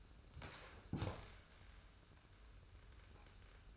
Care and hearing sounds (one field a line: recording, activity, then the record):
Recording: daily activity, microphone in the room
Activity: sit down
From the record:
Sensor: 2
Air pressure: 994.3 hPa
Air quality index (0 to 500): 201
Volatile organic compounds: 1000 ppm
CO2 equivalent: 6608 ppm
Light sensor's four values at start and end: 68/155/65/64 and 72/169/70/69